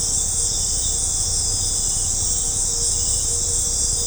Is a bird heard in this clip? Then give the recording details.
no. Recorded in secondary vegetation near Puerto Asís, Putumayo, Colombia, on 20 December 2024 at 19:00. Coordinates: 0.502, -76.326. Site G028